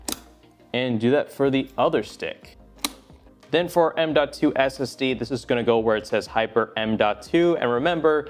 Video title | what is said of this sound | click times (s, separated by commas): PS5 or Build a PC? 👑 BEST $500 Gaming PC Build Guide 2023 | so make sure you line it up correctly bring this down give it a firm press you should hear a click | 0.1 s